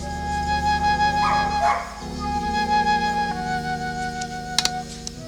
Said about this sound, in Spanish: Oiga ese perro que ladra. Como viendo apariciones.